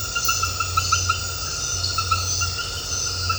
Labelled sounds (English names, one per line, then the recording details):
none
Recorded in dense forest near Puerto Asís, Putumayo, Colombia, on 9 March 2025 at 21:30
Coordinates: 0.468, -76.322
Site GP01